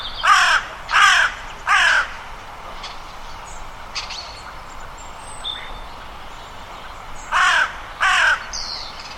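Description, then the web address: Bird cawing: three harsh caws close together at the start, a long quiet stretch with faint calls, then two further caws near the end. "Bird Only"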